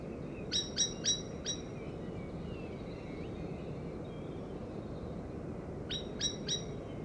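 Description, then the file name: Common blackbird chinking, four sharp ringing notes spaced evenly, then quiet, then another trio of the same clipped calls over background rumble. "Turdus merula"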